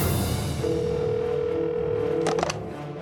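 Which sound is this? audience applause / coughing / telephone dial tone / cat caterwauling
telephone dial tone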